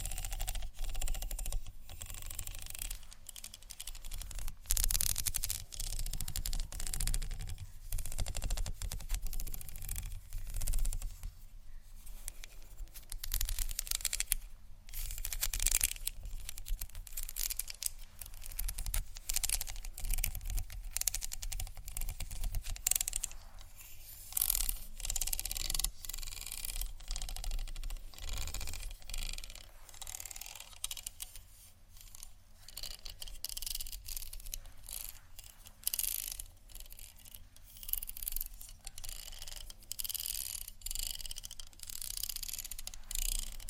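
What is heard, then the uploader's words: Scratching and tapping go on throughout, dense and irregular, with bright rasping textures, frequent sharp ticks, and a low rumble underneath. ASMR Scratch & Tap For Your Nap（No Talking）.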